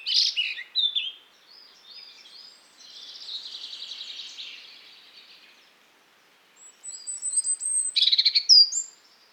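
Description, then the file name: European robin song: bright high notes, a soft fluttering trill, a pause, then thin whistles and a loud burst of sharp notes. "Erithacus rubecula"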